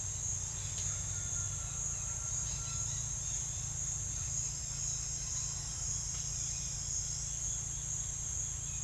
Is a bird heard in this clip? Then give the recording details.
no. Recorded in secondary vegetation near Puerto Asís, Putumayo, Colombia, on 24 June 2025 at 09:00. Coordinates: 0.498, -76.327. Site GP09